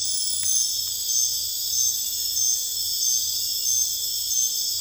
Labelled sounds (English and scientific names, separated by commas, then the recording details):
none
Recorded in dense forest near Puerto Asís, Putumayo, Colombia, on 26 December 2024 at 00:00
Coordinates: 0.484, -76.325
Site G056